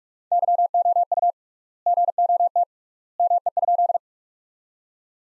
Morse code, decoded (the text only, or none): YOU GOT ME?